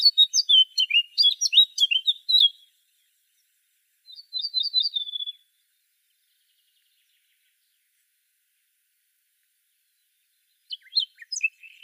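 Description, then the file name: Eurasian blackcap song: a rapid jumbled warble, then a short run of clear repeated whistled notes, a long silence, and a few more scratchy notes at the end. "Sylvia atricapilla"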